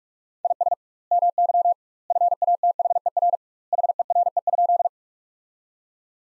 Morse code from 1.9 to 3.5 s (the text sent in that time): FATHER